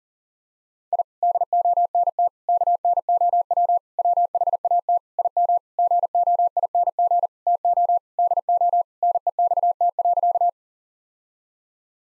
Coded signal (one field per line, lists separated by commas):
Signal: Morse code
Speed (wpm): 40 wpm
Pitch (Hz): 700 Hz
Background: none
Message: I DONT KNOW WHAT IM GOING TO DO NEXT.